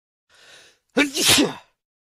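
A soft, breathy inhale is followed after a brief pause by one loud, voiced "achoo" burst lasting under a second. It is a single ordinary sneeze sound effect from a soundboard.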